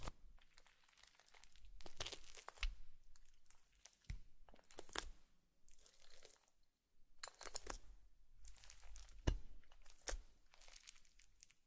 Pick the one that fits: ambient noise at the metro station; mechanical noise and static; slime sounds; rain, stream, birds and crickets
slime sounds